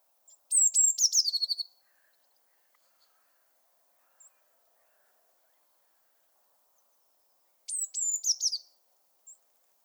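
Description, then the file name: Eurasian blue tit call: a high thin note sliding down into a rapid descending churr of buzzy notes, given twice about seven seconds apart in quiet surroundings. "Cyanistes caeruleus"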